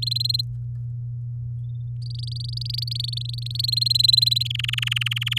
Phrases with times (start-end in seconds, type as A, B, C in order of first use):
0.02-0.41 A, 2.02-3.66 B, 3.68-4.47 A, 4.50-5.39 C